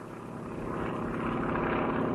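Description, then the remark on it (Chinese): An airplane drones overhead as it arrives over a village to drop a small parachute, its engine a steady, throbbing low hum with a buzzy propeller tone that swells gradually louder over two seconds, with no voices. “杜聿明的部队从徐州仓皇撤退，当走到一个村子时，一架飞机赶来，投下一个小降落伞。”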